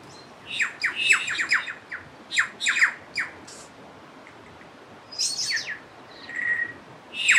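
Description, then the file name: Bird song of rapid, sharp descending chirps in clustered bursts, then bright high notes and one brief whistled tone, over a low hiss. Birds nicknamed Star Wars birds, recorded along the Turangi River loop, New Zealand. "Star Wars Birds Turangi River loop"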